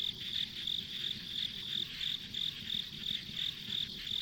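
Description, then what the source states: High insect chirps pulsing evenly, roughly three per second, above a steady ringing insect hum. Ambient insect sounds on a rural country road.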